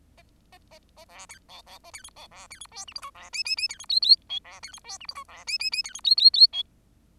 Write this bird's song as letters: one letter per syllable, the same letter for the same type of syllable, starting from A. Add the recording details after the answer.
A A A A B C D D A C E D B C E F G H I B J J J C E K K L B C E F G H I B J J J C E K K K L. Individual Bird10